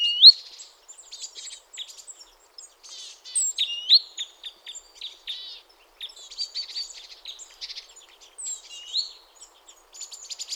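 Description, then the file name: Great tit calls: a bright, rising whistled note repeated a few times among many high chirps and twitters. "Parus major"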